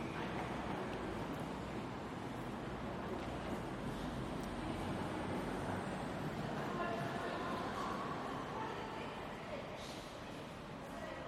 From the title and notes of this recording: Central Station is My Favourite Musical Instrument. My Zoom recorder.